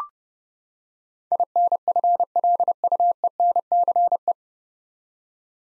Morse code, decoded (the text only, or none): INFLUENCE